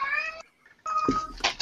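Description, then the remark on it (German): A pet cat meows twice, a drawn-out tonal cry, a short pause, then a second wavering, rising meow that ends in a strained, harsher note. “Und jetzt muss ich hier mal meine Katze rückstellen.”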